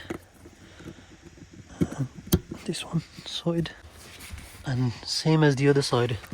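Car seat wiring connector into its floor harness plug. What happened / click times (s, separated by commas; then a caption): The wiring connector clicked home / 2.3 s. While an Audi's car seat is being refitted, a seat wiring connector on the driver's side is pushed into its floor harness plug, giving one sharp click at 2.3 s as it seats. Someone talks throughout.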